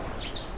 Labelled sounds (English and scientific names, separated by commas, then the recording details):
Stitchbird (Notiomystis cincta) song
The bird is a male
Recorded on Tiritiri Matangi Island, New Zealand, in 2005
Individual 12, of nest box 16